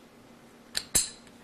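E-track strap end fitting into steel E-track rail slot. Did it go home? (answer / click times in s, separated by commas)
yes / 0.8 s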